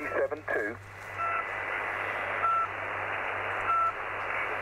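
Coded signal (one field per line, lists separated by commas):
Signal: none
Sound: radio roger beeps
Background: speech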